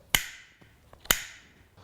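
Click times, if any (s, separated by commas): 0.2 s, 1.1 s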